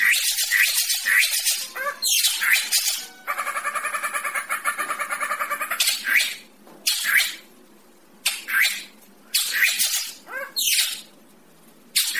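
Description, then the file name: Greater racket-tailed drongo song: a sequence of harsh, noisy bursts and a fast buzzy rattle, followed by loud separate raspy notes. "tieng cheo beo duoi co hot"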